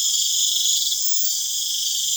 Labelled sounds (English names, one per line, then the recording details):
none
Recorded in pastures near Puerto Asís, Putumayo, Colombia, on 25 June 2025 at 20:00
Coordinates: 0.502, -76.324
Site G010